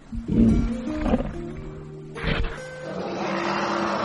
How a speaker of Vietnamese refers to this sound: Không sợ hãi. Quả Tượng gầm lên kiêu hãnh.